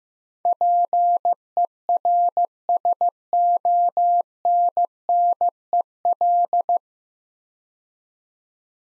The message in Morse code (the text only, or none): PERSONNEL